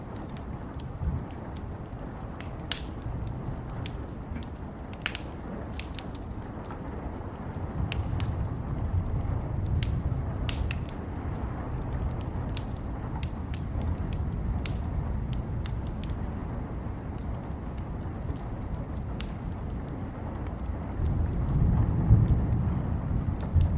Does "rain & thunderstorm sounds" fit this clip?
yes